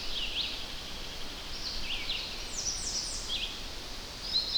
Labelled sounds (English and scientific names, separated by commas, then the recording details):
Red-eyed Vireo (Vireo olivaceus) song
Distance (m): 60 m
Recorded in boreal forest in Alberta, Canada, on 10 June 2016 at 06:57
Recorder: SongMeter 3, array SBT-3-39
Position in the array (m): 198 m, 125 m